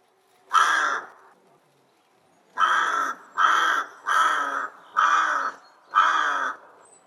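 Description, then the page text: Rook giving harsh, raspy caws: a single caw, a pause of over a second, then five caws at fairly regular intervals. Rook recorded in Russia. "Голоса птиц России - Грач (Corvus frugilegus)"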